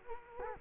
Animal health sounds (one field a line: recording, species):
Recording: mosquito wingbeat signal from an infrared sensor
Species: Culex quinquefasciatus